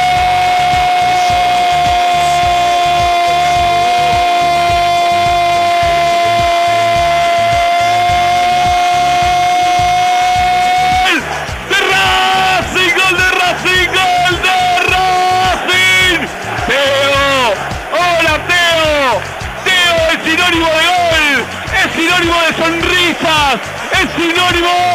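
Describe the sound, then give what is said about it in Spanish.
A stadium crowd in Avellaneda chants 'Teo' for a Colombian player after a goal in Racing's 3-0 win over Godoy Cruz, a steady roar beneath a long, sustained shouted call, followed by excited rapid talking over the continuing crowd noise. “Es sinónimo de grito, leo, leo, leo, Teo, Teo, se escucha en toda la cancha, este colombiano que en el día San Martiniano vino para conquistar a Avellaneda, Racing 3, Godoy Cruz 0.”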